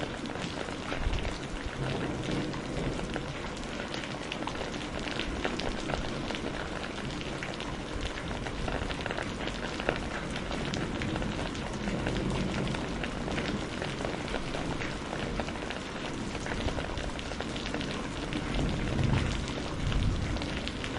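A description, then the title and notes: A spring rainstorm pours down in a steady, dense hiss with countless drops pattering at once. A low rumbling wash runs underneath throughout, swelling slightly near the end, while the rain's intensity stays even for the whole stretch. Spring Rain Storm.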